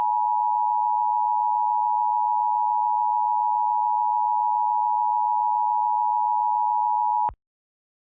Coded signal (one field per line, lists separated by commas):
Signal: Emergency Alert System (SAME) tones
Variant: 853 and 960 Hz attention tone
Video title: EAS Scenario: The Fire Meteor. (READ DESC) (Christmas Special Replacement)